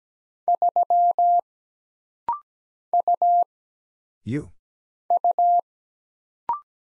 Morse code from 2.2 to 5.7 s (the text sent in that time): U U